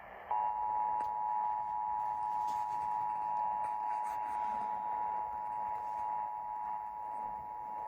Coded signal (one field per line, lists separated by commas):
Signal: Emergency Alert System (SAME) tones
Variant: 853 and 960 Hz attention tone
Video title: Minnesota Minnesota Minnesota ￼ monthly test from October 2022￼￼￼ eas 504-522